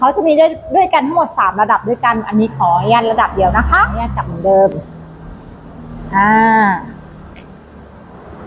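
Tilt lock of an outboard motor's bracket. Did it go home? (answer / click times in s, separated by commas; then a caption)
yes / 7.4 s. A woman talks while raising a small Suzuki DF6A outboard motor one tilt level. The bracket has three tilt levels. Around 7.4 s a short click is heard as the tilt lock catches in a notch and holds the motor up.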